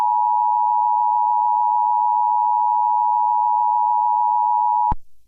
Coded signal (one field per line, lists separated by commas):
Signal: Emergency Alert System (SAME) tones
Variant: 853 and 960 Hz attention tone